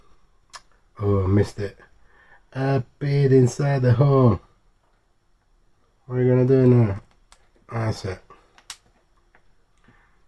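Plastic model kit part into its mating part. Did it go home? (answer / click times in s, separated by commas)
yes / 8.7 s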